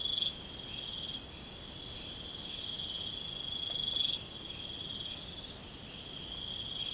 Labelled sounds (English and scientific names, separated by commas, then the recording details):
none
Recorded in pastures near Puerto Asís, Putumayo, Colombia, on 22 June 2025 at 04:00
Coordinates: 0.472, -76.331
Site G095